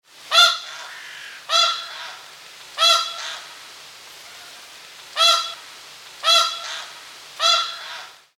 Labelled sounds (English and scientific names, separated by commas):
Snow Goose (Anser caerulescens)